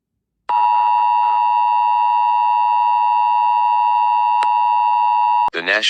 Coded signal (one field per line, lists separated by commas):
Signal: Emergency Alert System (SAME) tones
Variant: 853 and 960 Hz attention tone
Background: speech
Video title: EAS Mock 2: Hurricane Delta/Zeta Warning for Mushroom Kingdom, Yoshi, Toad, Idelphino, Bikini Bottom